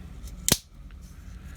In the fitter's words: It kind of snaps into place.